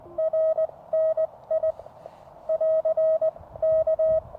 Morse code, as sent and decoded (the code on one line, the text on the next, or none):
.-. -. .. / .-.-. / -.-
RNI <AR> K